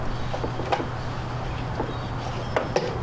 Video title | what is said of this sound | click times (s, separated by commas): 2007 Nissan Sentra: Replacing 4 Spark plugs (most complete) | and it locks in place before you put the hose in here. | 2.6 s